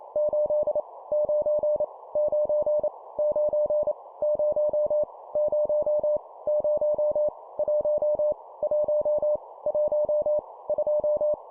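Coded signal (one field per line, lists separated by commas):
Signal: Morse code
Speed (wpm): 28 wpm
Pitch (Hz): 600 Hz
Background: none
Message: 8 9 9 9 0 0 0 1 1 1 2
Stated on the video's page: Morse copy-speed drill of numbers at 25 wpm, each repeated three times.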